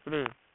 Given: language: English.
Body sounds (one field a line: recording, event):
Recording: throat vibration sensor signal played as sound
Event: speech